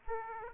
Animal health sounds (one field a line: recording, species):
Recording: mosquito wingbeat signal from an infrared sensor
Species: Aedes aegypti